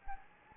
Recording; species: mosquito wingbeat signal from an infrared sensor; Anopheles gambiae